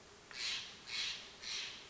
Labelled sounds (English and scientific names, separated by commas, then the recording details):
Steller's Jay (Cyanocitta stelleri)
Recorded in Sonoma County, California